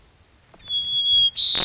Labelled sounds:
White-crowned Sparrow
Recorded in Sonoma County, California

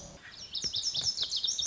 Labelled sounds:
Lazuli Bunting
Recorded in Sonoma County, California

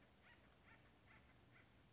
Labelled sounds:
Acorn Woodpecker
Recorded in Sonoma County, California

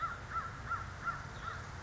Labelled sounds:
American Crow
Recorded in Sonoma County, California

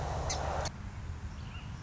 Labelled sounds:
Song Sparrow
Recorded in Sonoma County, California

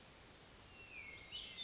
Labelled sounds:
Hermit Thrush
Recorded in Sonoma County, California

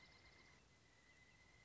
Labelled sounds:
Pileated Woodpecker
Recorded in Sonoma County, California

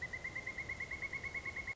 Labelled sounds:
Pileated Woodpecker
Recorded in Sonoma County, California

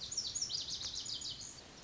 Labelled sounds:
Lazuli Bunting
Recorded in Sonoma County, California

